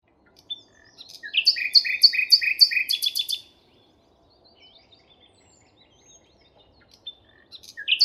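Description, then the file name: Common nightingale song: a soft note, then a loud rapid series of repeated two-part chirps for about two seconds, quiet faint notes, and a new phrase starting at the end. "Luscinia megarhynchos"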